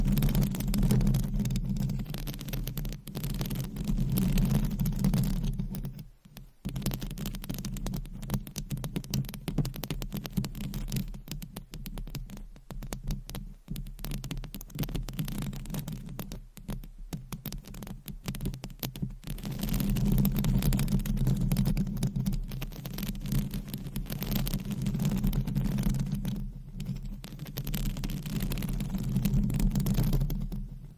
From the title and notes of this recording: Mic Scratching Brain Scratching with DIFFERENT MICS Covers & Nails No Talking.